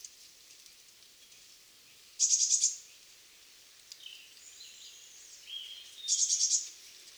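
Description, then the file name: Eurasian blue tit giving two brisk series of high ticking notes about four seconds apart, with softer thin bird notes and light background hiss between. "Cyanistes caeruleus"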